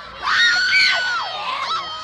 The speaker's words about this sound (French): Et puis voici la princesse Margaret, en robe longue de soie blanche, suivie de son mari, le comte de Snowdon. Les cris continuent. Les jeunes anglais n'ont pas l'air du tout de respecter la famille royale.